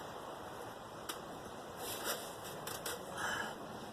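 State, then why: Not seated. A spark plug wire boot, greased with dielectric grease, is handled over the spark plug tube in the valve cover of a 2004 Mitsubishi Lancer 2.0L while it is being fitted onto the spark plug. Over a steady hiss, there is a sharp tick at 1.1 s, some rustling around 2.0 s, two short knocks at 2.7 s and 2.9 s, and rubbing near 3.3 s. Nothing has seated or clicked onto the plug yet.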